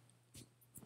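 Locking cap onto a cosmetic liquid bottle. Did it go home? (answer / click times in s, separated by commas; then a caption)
yes / 0.8 s. A plastic locking cap on an Hourglass Unreal Liquid Blush bottle is closed and twisted until its locking mechanism engages. A soft rustle of handling comes first, followed by a sharp click at 0.8 s as the cap locks into place.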